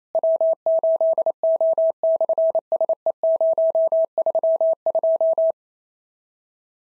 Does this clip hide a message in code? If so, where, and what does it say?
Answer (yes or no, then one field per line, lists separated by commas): yes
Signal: Morse code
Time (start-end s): 0.1-5.5 s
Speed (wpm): 25 wpm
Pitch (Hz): 650 Hz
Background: none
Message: W8O/SE032